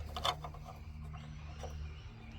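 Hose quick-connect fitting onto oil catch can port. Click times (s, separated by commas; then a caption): 0.2 s. A plastic quick-connect hose fitting is pushed onto the port of a JLT oil catch can on the passenger side of a 2021 Mustang GT 5.0 engine. It gives a sharp click at 0.2 s, then faint ticks over a steady low hum. The fitting seats in place.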